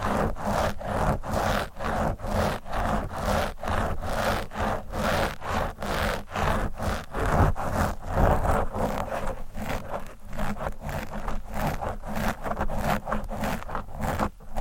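Scratching against a microphone, a rough, dense scraping that runs the full length with a steady rhythm of strokes, roughly two or three per second. Each stroke has a sharp edge, over a constant low rumble, and the loudness stays fairly even throughout.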